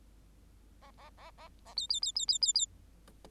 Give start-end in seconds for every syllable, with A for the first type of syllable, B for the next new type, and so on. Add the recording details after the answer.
0.81-0.91 A, 0.97-1.10 A, 1.17-1.30 A, 1.37-1.48 A, 1.65-1.74 A, 1.76-1.87 B, 1.89-2.00 B, 2.02-2.12 B, 2.15-2.26 B, 2.28-2.38 B, 2.41-2.53 B, 2.54-2.66 B. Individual Bird8